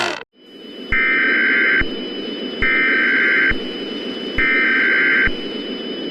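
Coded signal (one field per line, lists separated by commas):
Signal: Emergency Alert System (SAME) tones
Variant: header bursts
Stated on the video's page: Fictional Emergency Alert System scenario about extreme cold as Earth drifts away from the sun.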